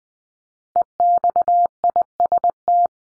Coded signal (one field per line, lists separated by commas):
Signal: Morse code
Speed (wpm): 20 wpm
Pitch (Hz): 700 Hz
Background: none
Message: EXIST